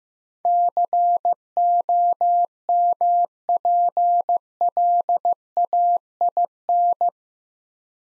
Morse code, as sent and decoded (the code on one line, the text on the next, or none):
-.-. --- -- .--. .-.. .- .. -.
COMPLAIN